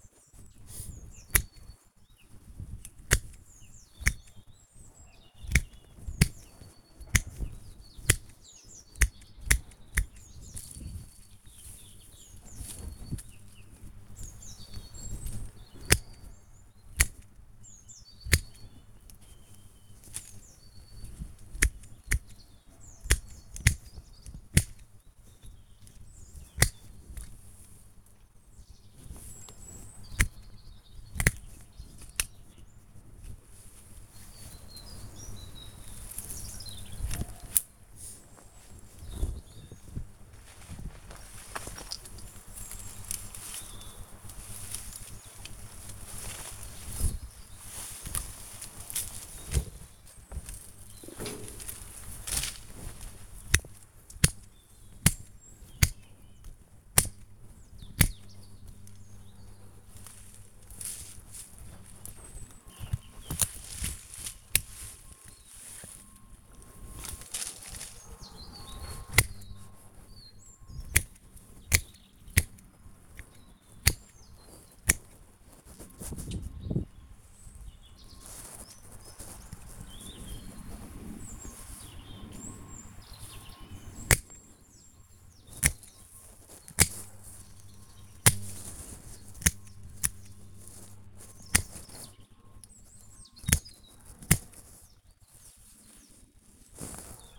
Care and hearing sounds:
household activities, microphone on the right wrist
0.00-97.39 s: cutting wood

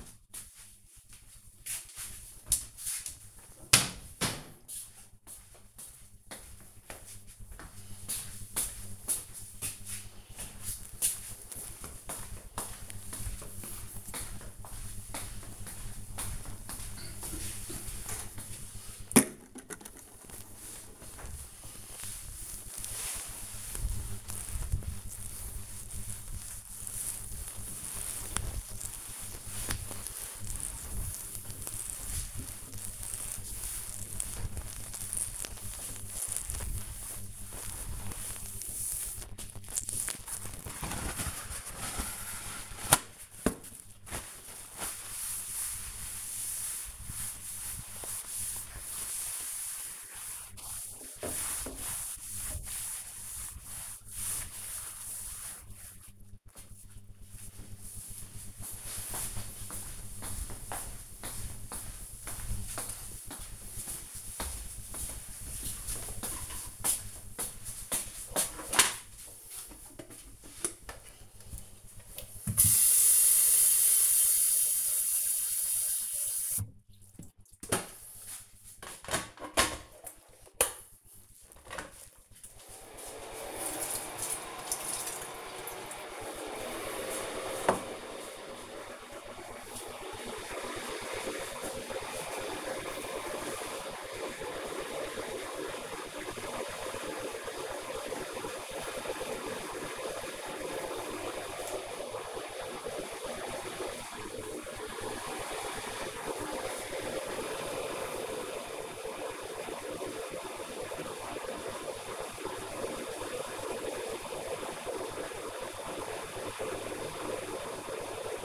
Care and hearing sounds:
household activities, microphone on the right wrist
19.62-55.89 s: cleaning table
67.96-118.45 s: making tea

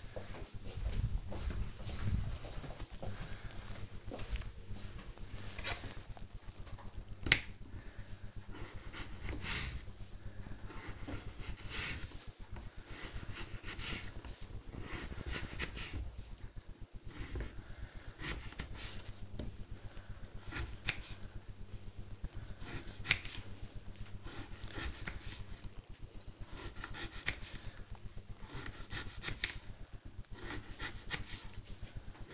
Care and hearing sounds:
household activities, microphone on the right wrist
5.75-32.34 s: cutting vegetables

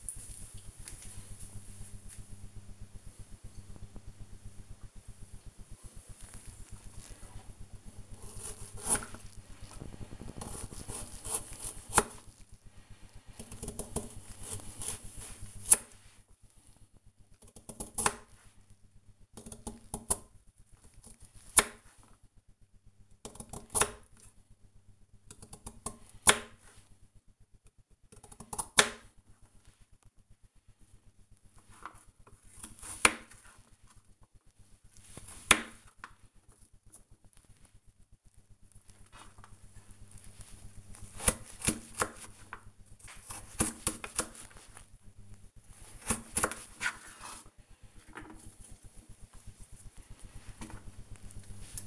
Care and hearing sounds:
household activities, microphone on the right wrist
6.64-51.87 s: cutting vegetables

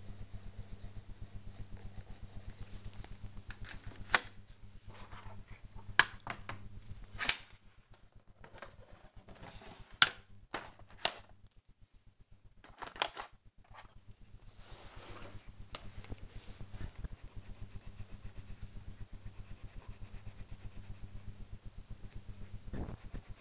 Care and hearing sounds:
household activities, microphone on the right wrist
0.00-18.93 s: drawing

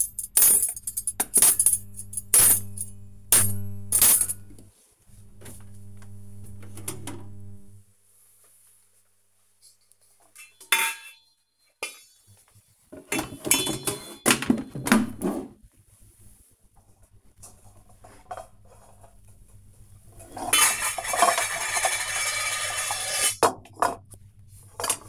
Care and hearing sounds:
household activities, microphone on the right wrist
0.00-25.09 s: putting away the dishes

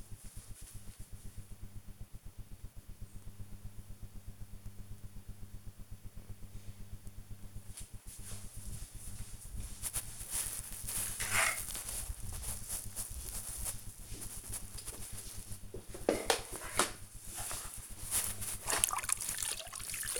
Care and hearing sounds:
household activities, microphone on the right wrist
6.73-20.20 s: floor cleaning

